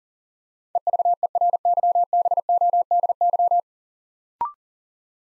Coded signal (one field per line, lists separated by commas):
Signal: Morse code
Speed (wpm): 39 wpm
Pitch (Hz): 700 Hz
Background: none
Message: EVERYBODY